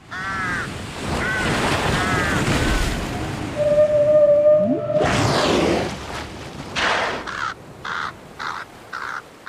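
Harsh crow caws come in repeated bursts over a steady wash of surf, while a long, drawn-out whale call holds a low pitch and then slides upward.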